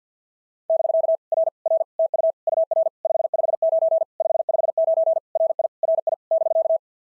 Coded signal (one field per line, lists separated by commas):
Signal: Morse code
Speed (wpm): 46 wpm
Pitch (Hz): 660 Hz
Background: none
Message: <BK> R R TU UR 559 559 RI RI <BK>